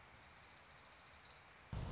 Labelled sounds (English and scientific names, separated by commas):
Orange-crowned Warbler (Leiothlypis celata)